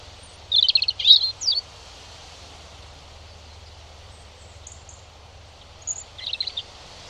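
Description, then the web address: European robin song in brief fragments: a short burst of high twittering notes, long quiet gap, then a softer second snatch of song. "Deverinetal 2025 File origin Bird Only Er Ru"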